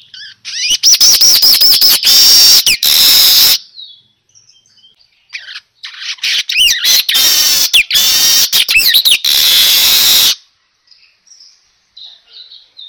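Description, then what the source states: Weaver singing two bursts of loud, hissing, sizzling chatter with high squeaky whistles, separated by a few seconds of soft chirps. Lure sound for a weaver, described as gacor, meaning singing loudly and continuously.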